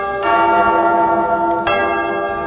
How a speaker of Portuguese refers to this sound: Atenção, toca o sino, seu sacristão!